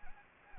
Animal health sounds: mosquito wingbeat signal from an infrared sensor; Anopheles gambiae

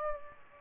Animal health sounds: mosquito wingbeat signal from an infrared sensor; Aedes aegypti

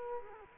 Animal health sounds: mosquito wingbeat signal from an infrared sensor; Culex quinquefasciatus

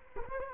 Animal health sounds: mosquito wingbeat signal from an infrared sensor; Culex quinquefasciatus

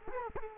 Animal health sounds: mosquito wingbeat signal from an infrared sensor; Culex quinquefasciatus

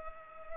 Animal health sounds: mosquito wingbeat signal from an infrared sensor; Culex pipiens

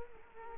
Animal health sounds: mosquito wingbeat signal from an infrared sensor; Culex quinquefasciatus

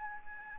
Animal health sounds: mosquito wingbeat signal from an infrared sensor; Anopheles gambiae

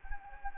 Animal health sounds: mosquito wingbeat signal from an infrared sensor; Anopheles gambiae

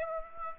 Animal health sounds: mosquito wingbeat signal from an infrared sensor; Aedes aegypti

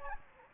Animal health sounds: mosquito wingbeat signal from an infrared sensor; Anopheles gambiae

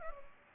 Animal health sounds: mosquito wingbeat signal from an infrared sensor; Culex pipiens

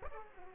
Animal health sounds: mosquito wingbeat signal from an infrared sensor; Aedes aegypti

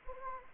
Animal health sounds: mosquito wingbeat signal from an infrared sensor; Anopheles gambiae

